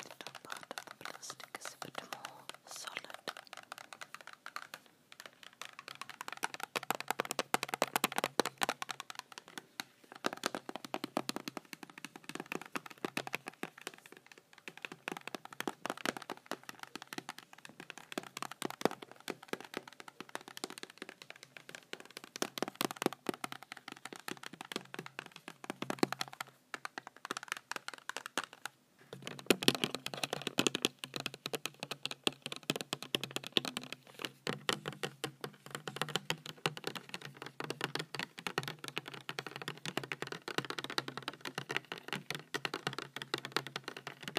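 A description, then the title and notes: Dense fingernail tapping and scratching on a box, crisp and bright, with short pauses near 5, 27 and 29 seconds. Unboxing a box of three different hand and nail creams. Nail box tapping and scratching.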